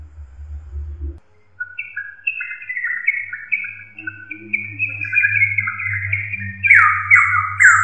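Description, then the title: Drongo calls: a string of short whistled notes that grows louder and harsher toward the end, with a low hum underneath for most of it. "Suara Srigunting. Hobiburung"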